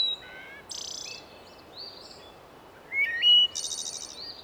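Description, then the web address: Bird whistles, steady pure tones and a rising stepped phrase, mixed with a short buzzy burst and a bright rasping note, over constant hiss. "bondar bird"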